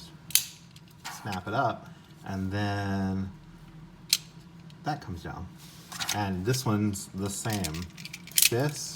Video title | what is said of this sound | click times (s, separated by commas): Deluxe Turbo Megazord (RV Robo) Review - Power Rangers Turbo | you take the side and you just snap it up | 0.4 s